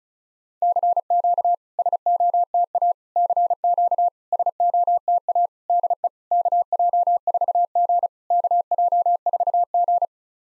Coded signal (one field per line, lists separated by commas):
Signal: Morse code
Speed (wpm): 35 wpm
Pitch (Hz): 700 Hz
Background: none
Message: CQ SOTA CQ SOTA DE KJ4G KJ4G